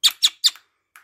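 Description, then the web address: Myna giving three harsh, squeaky notes in quick succession, then a short pause and a fainter final note. Talking myna imitating speech. "صدای صحبت مرغ مینا"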